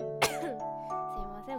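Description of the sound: A single sharp, harsh burst, a short cough or forceful throat clear, followed by a brief low voiced hum as the voice settles. The sound is of an adult woman with a nasal voice who is recovering from a cold, with throat irritation and a runny nose, in a quiet small room.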